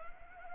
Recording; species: mosquito wingbeat signal from an infrared sensor; Anopheles gambiae